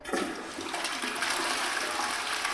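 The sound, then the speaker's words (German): A toilet flushes with a steady, loud rush of water and bubbling gurgles that continue without pause for a couple of seconds, with no voices. “Was passiert eigentlich genau, wenn ich auf die Spültaste drücke?”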